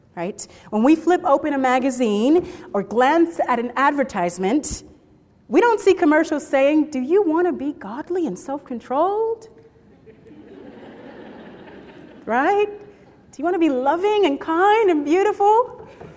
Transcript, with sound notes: When we flip open a magazine or glance at an advertisement, we don't see commercials saying, "Do you want be godly and self-controlled?" [laughter] "Do you want to be loving and kind and beautiful?"